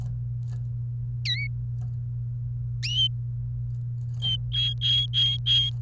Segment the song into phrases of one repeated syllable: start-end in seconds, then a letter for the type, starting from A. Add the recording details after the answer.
1.25-1.47 A, 4.22-5.70 B. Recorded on 28 April 2018 at 15:16. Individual llb3